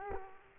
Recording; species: mosquito wingbeat signal from an infrared sensor; Culex quinquefasciatus